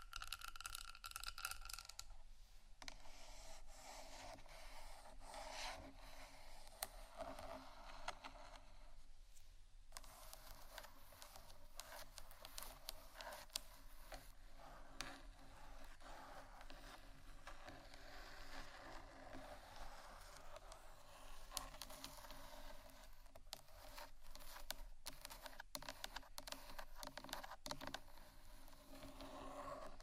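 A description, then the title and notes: Scratching and tapping textures run continuously through the thirty seconds, a dense, busy patter of small dry contacts. Short sharp taps cluster near the start and again after about twenty-two seconds, while a steady low hum sits underneath throughout. ASMR Textures Scratching & Tapping (No Talking).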